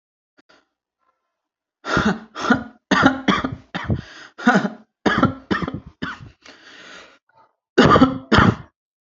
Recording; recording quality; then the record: shallow voluntary cough; excellent, no background noise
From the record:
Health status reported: healthy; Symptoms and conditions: none ticked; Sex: male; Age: 21 years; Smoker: not ticked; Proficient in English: yes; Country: India